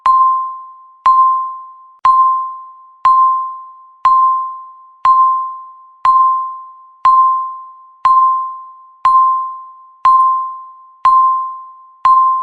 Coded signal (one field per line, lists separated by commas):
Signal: radio time signal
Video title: [03:07] 187 Seconds Countdown with Every Second Beeps | 187s Timer Alarm Loud Noise When Ends 1080p